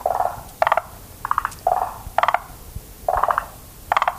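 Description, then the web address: Forest green tree frog giving a series of rattling calls, each a short burst of quick pulses. "sikioto. moriaogaeru"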